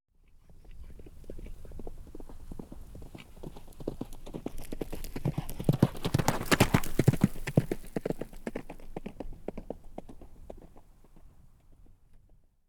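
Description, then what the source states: Horse hoofbeats: a rapid, uneven clatter of hooves on a hard surface that grows louder toward the middle and then fades away. Horse cantering by on rocks.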